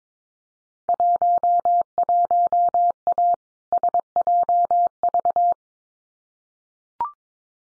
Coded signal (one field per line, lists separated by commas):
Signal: Morse code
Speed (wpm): 22 wpm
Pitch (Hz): 700 Hz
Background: none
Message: 11A SJV